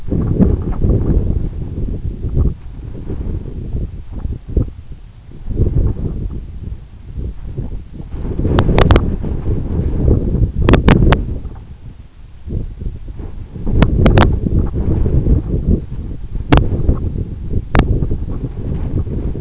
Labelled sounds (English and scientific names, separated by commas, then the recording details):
none
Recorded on Arctic tundra, site EABA-1, on 26 June 2018
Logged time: 04:00